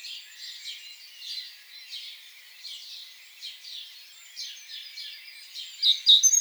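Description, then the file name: Great tit: several soft, scratchy high notes, ending with a louder sharp burst. "Parus major"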